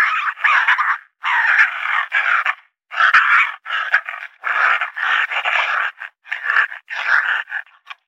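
Raccoon chittering calls: harsh, raspy bursts in quick succession, with brief pauses between them.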